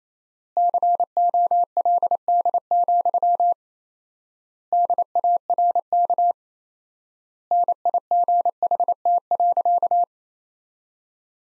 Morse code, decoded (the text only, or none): COLD, DARK NIGHT.